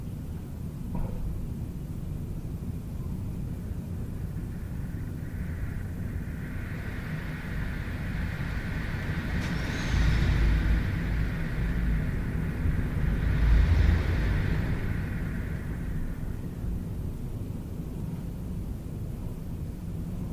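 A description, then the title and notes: Wind blows in a steady, low rumbling roar, swelling into stronger gusts around the tenth and fourteenth seconds. A higher, whooshing drone like a passing aircraft rises from about seven seconds, peaks twice, and fades out by sixteen seconds. Howling Winds - A Serene and Soothing Soundscape. The gentle and soothing sound of winds as they rustle through trees and across open fields.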